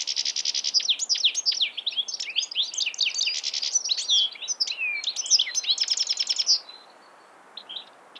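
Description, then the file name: European Goldfinch singing a fast, tinkling jumble of high twitters and buzzy trills for about six seconds, then a few faint chirps. "Carduelis carduelis"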